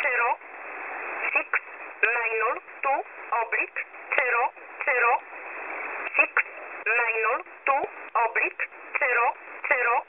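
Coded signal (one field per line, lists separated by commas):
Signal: numbers station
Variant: E11 Oblique, English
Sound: a voice reading short, evenly spaced words over shortwave hiss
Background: radio static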